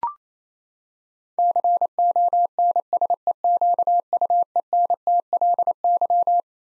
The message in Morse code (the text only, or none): CONSEQUENTLY